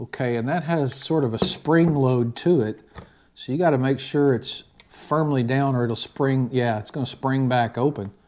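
A spring-loaded flip-lock clip on a leg section of a Heipi travel tripod is being handled while someone talks. The clip has to be pressed firmly down, or it will spring back open. Nothing has seated or clicked yet.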